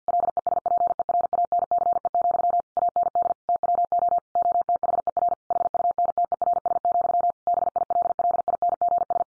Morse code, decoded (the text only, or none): LESPERANCE, AND TWO OTHER HUNTERS, BILLINGS